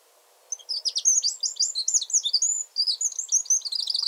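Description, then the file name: Eurasian wren song, a vigorous stream of very high, quick chattering notes and trills, bright and sharply pulsed. "Troglodytes troglodytes"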